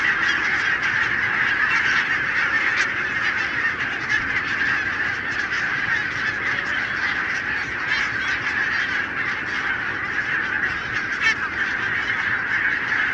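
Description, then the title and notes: Barnacle goose flock giving a loud continuous chorus of short yapping calls, with occasional sharper notes standing out above the din. Flock of about 20,000 on wintering grounds in winter, Renesse, Netherlands, 12 January 2009; recorded with Nagra LB and Telinga P7. "Renesse - Pays-bas. 20 000 Bernache nonnette ( Branta leucopsis) en Hollande"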